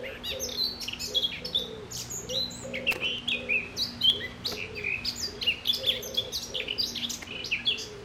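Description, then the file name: Eurasian blackcap warbling rapidly with bright whistled notes. "Sylvia atricapilla"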